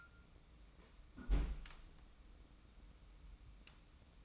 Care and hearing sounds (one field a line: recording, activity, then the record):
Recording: daily activity, microphone in the room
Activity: close fridge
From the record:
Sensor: 1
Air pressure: 994.5 hPa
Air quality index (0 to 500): 220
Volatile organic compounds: 1000 ppm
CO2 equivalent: 7912 ppm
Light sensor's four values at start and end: 104/234/104/112 and 119/271/121/132